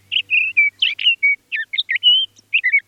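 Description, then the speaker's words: Sage thrasher song: a long, varied run of clear whistled and warbled notes, some sliding up or down, delivered in quick succession with short gaps. Males sometimes sing long-winded songs all night on nights with a full moon. "On nights with a full moon, male sage thrashers have been known to proclaim their long-winded songs all night."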